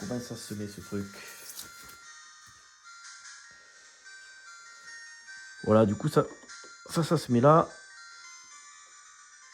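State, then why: Not seated. A plastic accessory is lined up on a Taito Egret II Mini arcade console before being clipped on. Someone talks in bursts at the start and again around 5.7–7.7 seconds, with faint steady tones and background music throughout. Nothing has clicked or seated yet.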